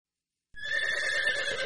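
horse neighing

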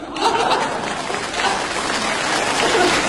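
audience applause

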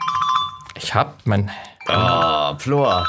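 mobile phone ringing

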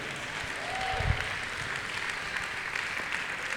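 loud applause

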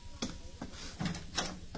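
door being opened

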